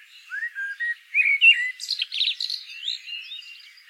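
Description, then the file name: Common blackbird song phrase: several low, clear fluted whistles climbing in pitch, followed by a busy, squeaky high-pitched twittering ending. "Turdus merula"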